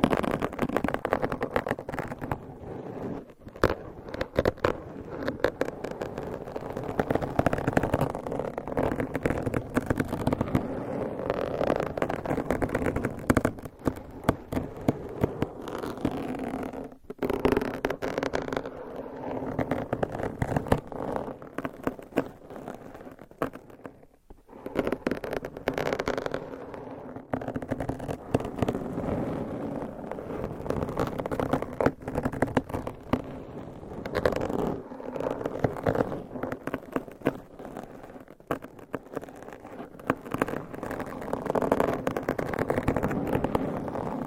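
Long fingernails scratch and rub directly against a microphone, a dense, continuous crackling scrape with a muffled, low-middle body. The texture shifts constantly with brief dropouts and sharper bursts every few seconds, with no pause across the full length.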